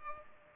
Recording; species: mosquito wingbeat signal from an infrared sensor; Culex pipiens